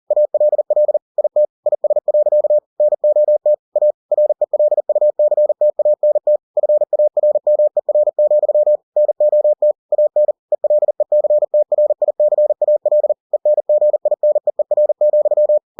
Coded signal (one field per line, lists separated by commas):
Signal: Morse code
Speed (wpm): 40 wpm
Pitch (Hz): 600 Hz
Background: none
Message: ALL IT IS. NOT A RELUCTANT FARMER, NOT AN ELECTRICAL ENGINEER,